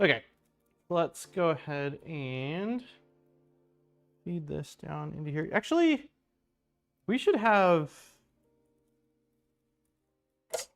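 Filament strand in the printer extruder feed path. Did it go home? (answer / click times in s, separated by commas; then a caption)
released / 10.5 s. A plastic filament strand is being fed down into the extruder feed path of a 3D printer while someone talks. At 10.5 s a sharp, snap-like pop is heard as the filament pops out of the extruder feed without breaking.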